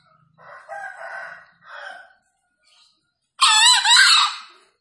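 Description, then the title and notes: Green junglefowl calling: a few softer throaty notes, a pause, then one loud, harsh, buzzy crow. Wild green junglefowl released free, calling vigorously from up in a tree; presented as a junglefowl lure call. "Panggilan Ayam Hutan Liar. Keren Sekali Ayam Hutan Hijau Dilepas Bebas n Bunyi Gacor Diatas Pohon. Pemikat Ayam Hutan"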